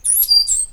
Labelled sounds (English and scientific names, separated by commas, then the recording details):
Stitchbird (Notiomystis cincta) song
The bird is a male
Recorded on Tiritiri Matangi Island, New Zealand, in 2005
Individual 8, of nest box 10